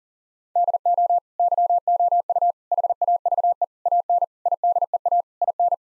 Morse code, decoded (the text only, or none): DO YOU HAVE AN IDEA IN